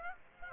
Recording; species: mosquito wingbeat signal from an infrared sensor; Aedes aegypti